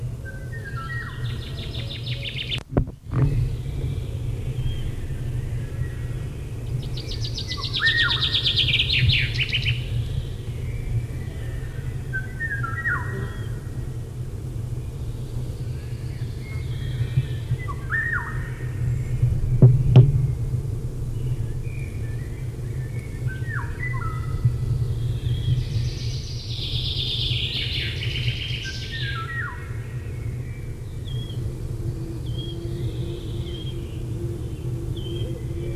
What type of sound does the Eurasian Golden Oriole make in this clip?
song